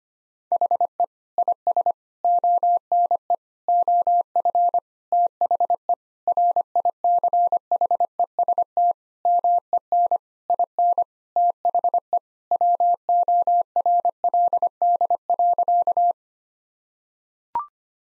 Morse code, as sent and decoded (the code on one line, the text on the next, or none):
.... . / .. ... / --- -. . / --- ..-. / - .... . / .-. .. -.-. .... . ... - / -- . -. / .. -. / - .... . / .-- --- .-. .-.. -.. .-.-.-
HE IS ONE OF THE RICHEST MEN IN THE WORLD.